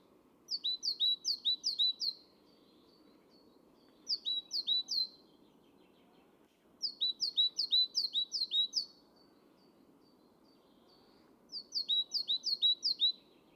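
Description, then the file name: Great tit giving four short bursts of ringing two-note phrases, a few to several per burst, separated by quiet gaps of a second or more. "Parus major"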